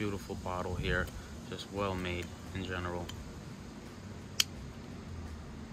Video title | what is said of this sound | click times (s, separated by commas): Top 10 Vintage Fragrances in My Collection | Clicks into place there. Love it. | 4.4 s